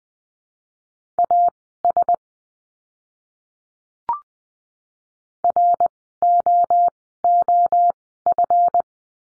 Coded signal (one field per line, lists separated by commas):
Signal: Morse code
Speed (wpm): 20 wpm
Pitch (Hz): 700 Hz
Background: none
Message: AS ROOF